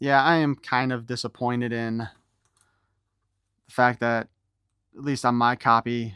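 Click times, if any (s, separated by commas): none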